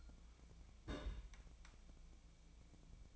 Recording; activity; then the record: daily activity, microphone in the room; place on stove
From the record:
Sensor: 1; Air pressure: 1000.0 hPa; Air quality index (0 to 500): 132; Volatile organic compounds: 2 ppm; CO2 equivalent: 1250 ppm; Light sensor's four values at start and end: 37/94/39/49 and 38/95/40/50